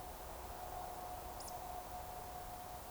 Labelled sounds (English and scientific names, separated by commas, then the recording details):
Eurasian Woodcock (Scolopax rusticola) whistle
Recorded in Baden-Württemberg, Germany, on 15 June 2020 at 02:23 UTC
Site 43791, 788 m above sea level